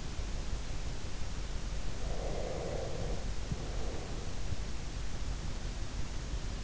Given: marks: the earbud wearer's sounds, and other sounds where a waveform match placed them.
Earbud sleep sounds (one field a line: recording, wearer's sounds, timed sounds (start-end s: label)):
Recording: sounds in sleep by an in-ear microphone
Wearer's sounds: breath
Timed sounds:
1.86-4.59 s: breath